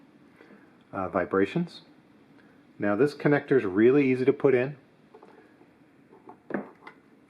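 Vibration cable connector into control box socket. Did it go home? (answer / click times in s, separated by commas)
yes / 6.5 s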